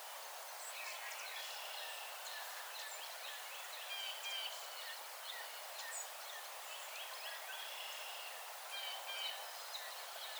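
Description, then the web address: Song sparrow song, clusters of sweet notes and brief buzzy trills in several phrases, over a constant hiss of ambient noise. Recorded 17 June 2007. "Song Sparrow 2007 06 17 Song Sparrow"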